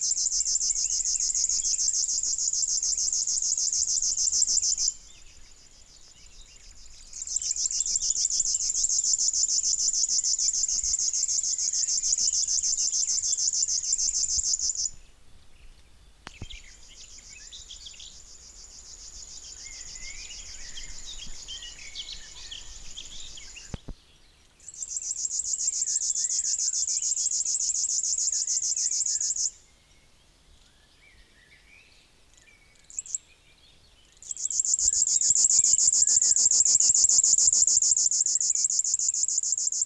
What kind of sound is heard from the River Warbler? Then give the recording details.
song. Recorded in the wild. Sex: male. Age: adult. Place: Anklam, Mecklenburg-Vorpommern, DE. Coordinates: 53.9, 13.7. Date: 1989-05-20 17:45. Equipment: Uher 4400 Report Monitor, Sennheiser ME 80, K 30 AV. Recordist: Fischer, Stefan